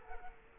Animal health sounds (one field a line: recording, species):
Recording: mosquito wingbeat signal from an infrared sensor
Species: Culex quinquefasciatus